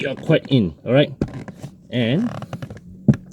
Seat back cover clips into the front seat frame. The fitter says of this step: snap both sides and voila the rear seat cover is fixed back into place so